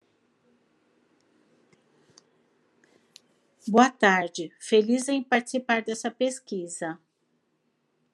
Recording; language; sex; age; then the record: spoken sentence; Brazilian Portuguese; female; 50 to 59 years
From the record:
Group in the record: control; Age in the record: 56 years